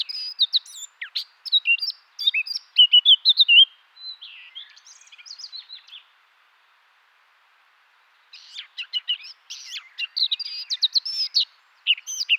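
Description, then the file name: Eurasian blackcap song: two bursts of quick scratchy warbling with bright whistled notes, separated by a silent pause of about two seconds. "Sylvia atricapilla"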